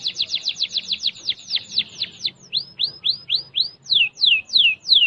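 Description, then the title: Canary song: a very fast series of descending whistled notes that slows into spaced, sweeping downslurs, each phrase clearly separated. "Kenari"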